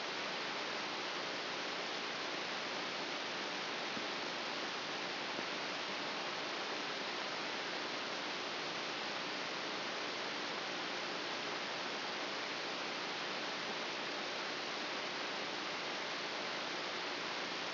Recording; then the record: brain microelectrode recording played as sound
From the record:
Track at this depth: outside the subthalamic nucleus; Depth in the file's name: 5.601 mm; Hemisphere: right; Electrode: 3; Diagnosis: Parkinson's disease